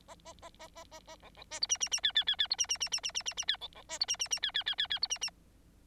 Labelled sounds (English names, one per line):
Bengalese Finch song